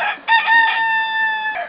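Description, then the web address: Rooster crow: a short broken opening followed by a long, steady, held note that trails off at the end, loud and clear. "On The Ball tools rooster"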